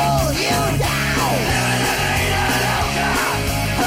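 A single enormous human burp, registered by Guinness World Records as a record at 112.4 decibels, rumbles on for nearly four seconds, low and raspy with a wavering, throaty pitch, very loud throughout with no talking.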